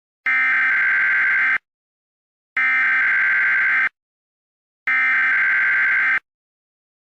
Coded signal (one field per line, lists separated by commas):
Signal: Emergency Alert System (SAME) tones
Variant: header bursts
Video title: Nuclear bomb eas prank free to use